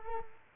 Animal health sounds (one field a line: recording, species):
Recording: mosquito wingbeat signal from an infrared sensor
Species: Culex quinquefasciatus